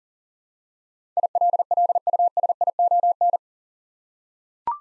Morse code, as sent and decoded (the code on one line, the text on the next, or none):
.. .-.. .-.. ..- ... .. --- -.
ILLUSION